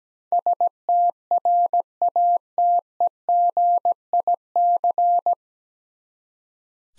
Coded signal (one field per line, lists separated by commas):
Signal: Morse code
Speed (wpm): 17 wpm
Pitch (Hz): 700 Hz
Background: none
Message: STRATEGIC